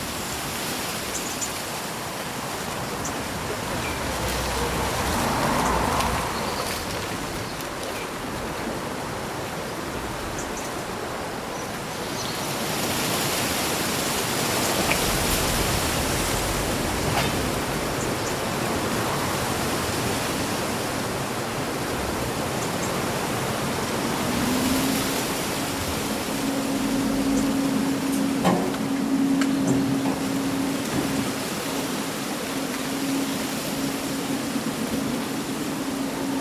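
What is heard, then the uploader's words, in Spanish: Summer wind rushes steadily through leaves in a dense, unbroken hiss with soft gusts, while a brief low hum sounds near the end. Un bosque bañado por el sol.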